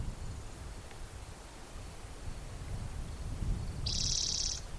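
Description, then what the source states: Spotted Towhee song: one harsh, buzzy trill lasting under a second near the end, over a steady low rumble of background noise. Individual number 8, Black's Creek, 16 June 2010, around 4:30 in the afternoon; vocalization two in a series counted aloud by the recordist.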